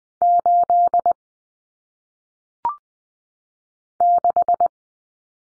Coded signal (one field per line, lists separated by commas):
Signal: Morse code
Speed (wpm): 20 wpm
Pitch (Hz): 700 Hz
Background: none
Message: 8 6